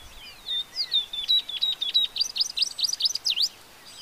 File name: Tropeiro seedeater